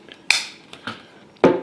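The lock bar at the back of a Buck lockback folding knife's handle is pressed to release the blade, which is folded shut into the handle. A loud, sharp metallic snap comes at 0.3 s, followed by a softer tap near 0.9 s and a duller knock at about 1.4 s. The lock is released and the blade is closed.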